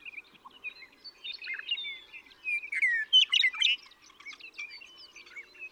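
Western meadowlark singing amid many other chirps; the loudest phrase, a whistled then warbling flourish, comes near the middle.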